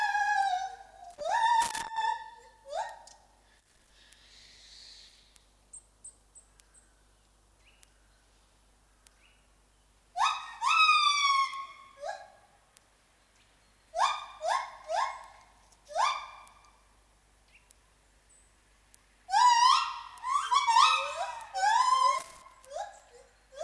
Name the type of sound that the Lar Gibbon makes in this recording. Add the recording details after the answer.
call. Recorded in captivity. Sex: pair. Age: adult. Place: Tiergarten Nürnberg, Bayern, DE. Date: 1998-11-13. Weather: bedeckt, ca. 2 bis 3°C. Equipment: Sony MD-WM MZ-R3, Sennheiser MKH 416 T, Kopie Uher 4000 Report Monitor. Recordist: Tembrock, Günter